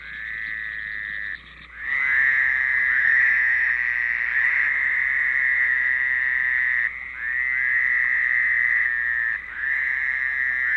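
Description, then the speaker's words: Fowler's toads in chorus, long nasal buzzing trills held for seconds at a time, with brief gaps between. Several males calling simultaneously, estimated five; example of calling code 2, moderate population, for a marsh monitoring survey. "In this first example, several Fowler's toads are calling simultaneously. It is difficult to get an exact count, but an estimate of 5 males is pretty close."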